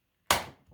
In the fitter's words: we go everything kind of pops into place that's how you know you've done it right and you